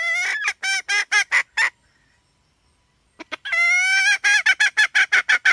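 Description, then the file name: Red junglefowl hen with a drawn squawk and rapid clucks, a pause of over a second, then another long rising squawk and a fresh burst of clucks. "tieng ga mai rung"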